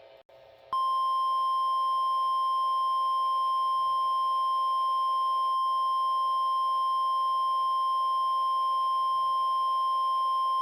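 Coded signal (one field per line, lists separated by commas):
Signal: Emergency Alert System (SAME) tones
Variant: 1050 Hz attention tone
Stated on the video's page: Recreation of a tornado warning on NOAA Weather Radio KEC-60, issued by NWS Milwaukee/Sullivan.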